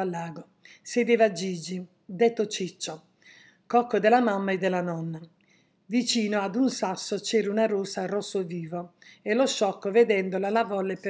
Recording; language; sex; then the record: read passage; Italian; female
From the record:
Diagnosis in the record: healthy control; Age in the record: 69 years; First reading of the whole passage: 57 s, 9.1 characters per second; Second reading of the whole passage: 50 s, 10.4 characters per second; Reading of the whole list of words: 47 s, 6.0 characters per second